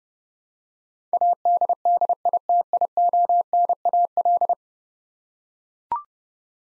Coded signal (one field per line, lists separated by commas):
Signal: Morse code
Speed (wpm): 32 wpm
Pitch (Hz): 700 Hz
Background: none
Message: ADDITIONAL